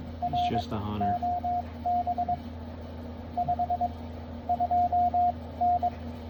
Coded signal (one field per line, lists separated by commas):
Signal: Morse code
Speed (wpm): 18 wpm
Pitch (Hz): 700 Hz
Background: speech, radio noise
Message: R OB 52N